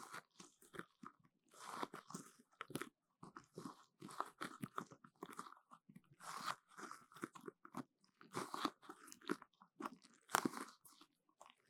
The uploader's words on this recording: 黏答答的聲音 | Sticky Sounds. No Talking.